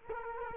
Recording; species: mosquito wingbeat signal from an infrared sensor; Culex quinquefasciatus